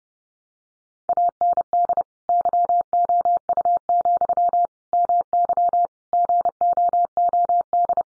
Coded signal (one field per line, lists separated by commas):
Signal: Morse code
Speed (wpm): 28 wpm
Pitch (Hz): 700 Hz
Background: none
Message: AND YOU, MY GOOD